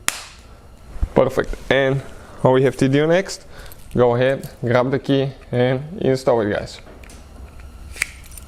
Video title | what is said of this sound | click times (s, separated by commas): KEY FOB BATTERY REPLACEMENT BMW X3 X5, BMW KEY NOT WORKING FIX | Press in until you hear the click. Perfect. | 0.1 s